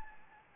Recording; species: mosquito wingbeat signal from an infrared sensor; Anopheles gambiae